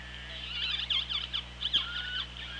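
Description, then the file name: Killer whale calls, a dense run of rapid pulsed and sweeping tones in quick succession, over underwater background noise. Recorded on an OrcaLab hydrophone, 24 August 2017, at 17:06. "Orca Lab UTLN JASON 20170824 170644"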